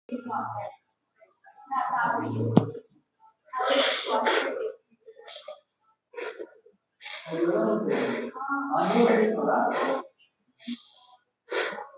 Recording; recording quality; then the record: shallow breathing; moderate, slight background noise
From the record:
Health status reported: exposed to COVID-19, no respiratory illness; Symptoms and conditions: breathing difficulty, sore throat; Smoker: not ticked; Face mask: not worn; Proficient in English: yes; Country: India